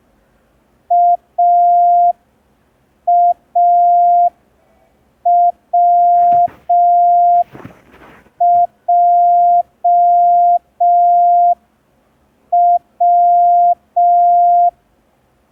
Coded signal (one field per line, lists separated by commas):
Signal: Morse code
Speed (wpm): 5 wpm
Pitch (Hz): 700 Hz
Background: none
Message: AAWJW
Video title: [MC–03] Learn Morse Code in 10 Days (Day 3) – ASOC Tutorials India